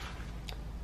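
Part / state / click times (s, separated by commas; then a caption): engine oil filler cap onto valve cover filler neck / seated / 0.5 s. An engine oil filler cap on a 2011-2013 Hyundai Sonata Hybrid is put back onto the valve cover filler neck after 5W-20 oil is added. Over a steady low background, one sharp, short snap is heard at 0.5 s as the cap seats shut.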